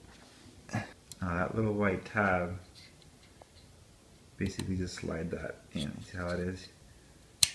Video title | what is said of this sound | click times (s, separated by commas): USB Powered Risers GPU mining Litecoin Bitcoin | Pop it back to take it off. | 7.4 s